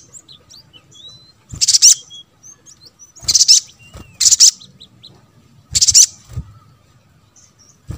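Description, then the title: Spiderhunter song: several strong high-pitched bursts, some in pairs, between faint thin squeaks and whistled slurs. Caged-bird training recording (masteran) of the Labaik variant. "Masteran Burung Sogok Ontong Labaik"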